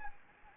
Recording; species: mosquito wingbeat signal from an infrared sensor; Anopheles gambiae